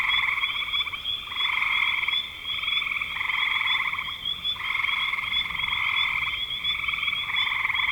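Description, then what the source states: Frog chorus of buzzy pulsed trills in long overlapping bursts, nearly continuous, over a constant high-pitched ringing tone. Frogs recorded in spring 2025.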